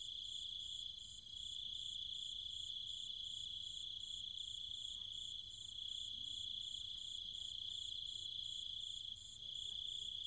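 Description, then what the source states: Cicada: night insect chorus with cicadas: constant high-pitched hum with fast rhythmic pulses above. Cicadas with other insects, calling at night in trees and fields in countryside around Chiang Mai, Thailand.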